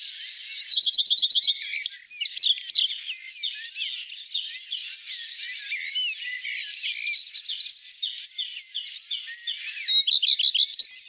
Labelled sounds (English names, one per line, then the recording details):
Common Redstart song
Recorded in the wild
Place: Oberrotweil am Kaiserstuhl, Baden-Württemberg, DE
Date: 1989-05-27
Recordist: Schwarz, Dieter
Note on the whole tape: Song